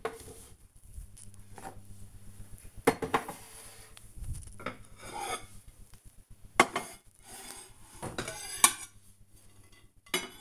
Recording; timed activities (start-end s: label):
household activities, microphone on the right wrist
0.00-10.41 s: putting away the dishes